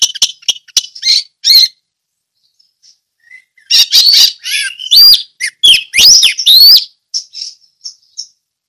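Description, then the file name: Orange-headed thrush song: scratchy chattered notes, a pause, then loud phrases of sharply rising and falling whistles mixed with twitters. Ngeplong song style. "anis merah ngeplong"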